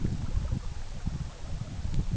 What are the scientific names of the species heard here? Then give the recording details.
none. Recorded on Arctic tundra, site EABA-MC, on 20 June 2019. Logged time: 14:00